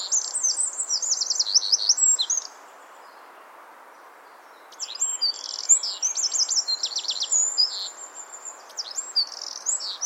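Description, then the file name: Eurasian wren singing two bursts of shrill, hurried notes with rattling trills, separated by a quiet pause of about two seconds; soft steady hiss underneath. "Troglodytes troglodytes"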